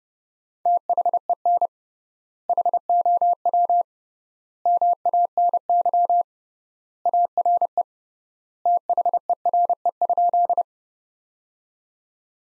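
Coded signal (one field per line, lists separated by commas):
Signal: Morse code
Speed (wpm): 29 wpm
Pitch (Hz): 700 Hz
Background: none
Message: THEN HOW MANY ARE THERE?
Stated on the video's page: Morse code practice at 30 wpm of sentences from the top 100 words, with 3x word spacing.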